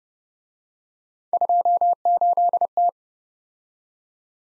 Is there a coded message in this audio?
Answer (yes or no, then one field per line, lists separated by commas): yes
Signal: Morse code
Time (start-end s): 1.3-2.9 s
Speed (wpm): 37 wpm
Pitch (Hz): 700 Hz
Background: none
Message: 28T